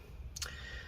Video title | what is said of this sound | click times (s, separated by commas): Laptop Computer PC Fan Not Spinning Not Turning Overheat Overheating Grease Lubricate Repair Fix | feel it pop out and then we can go ahead and pull straight up | 0.4 s